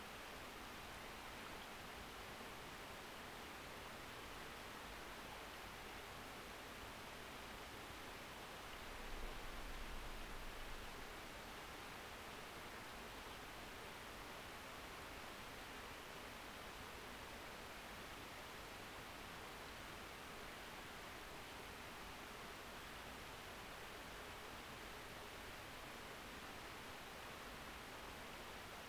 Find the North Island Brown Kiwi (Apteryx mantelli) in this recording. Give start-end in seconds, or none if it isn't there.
none